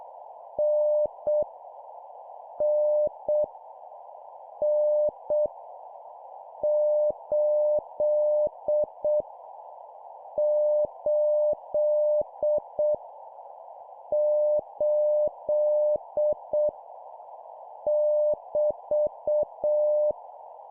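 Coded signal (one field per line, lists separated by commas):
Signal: Morse code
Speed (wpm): 7 wpm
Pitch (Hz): 600 Hz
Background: none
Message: N N N 8 8 8 <BT>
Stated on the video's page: Morse at 7 wpm: copy-speed drill of random letters, numbers and punctuation, each repeated three times.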